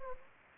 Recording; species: mosquito wingbeat signal from an infrared sensor; Anopheles gambiae